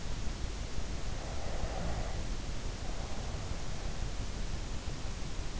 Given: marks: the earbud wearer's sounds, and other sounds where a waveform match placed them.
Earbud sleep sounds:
sounds in sleep by an in-ear microphone; breath
0.96-3.98 s: breath

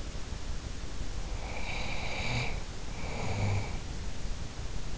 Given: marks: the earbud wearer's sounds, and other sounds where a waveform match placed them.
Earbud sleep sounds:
sounds in sleep by an in-ear microphone; breath
1.27-3.98 s: breath

